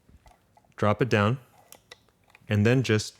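A tracker receiver is lined up with the notch and dropped into a stem-spacer mount that has a spring-steel latch bar and ramped-face latch. Someone talks while faint handling ticks are heard between about 1.7 and 2.4 seconds. Nothing has seated or clicked yet; the receiver has not been twisted home.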